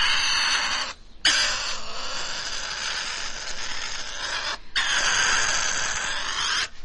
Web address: european pine marten